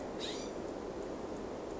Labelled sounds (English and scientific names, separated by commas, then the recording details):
California Scrub-Jay (Aphelocoma californica)
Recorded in Sonoma County, California